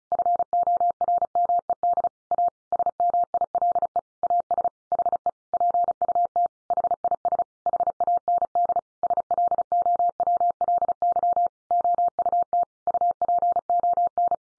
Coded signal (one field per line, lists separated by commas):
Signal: Morse code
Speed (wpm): 34 wpm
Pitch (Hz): 700 Hz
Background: none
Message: FORMED A SMILE AS HE PUT HIS HAND SLOWLY OUT UPON